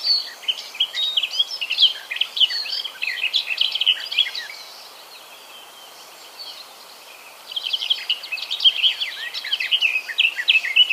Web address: ljud Sylvia borin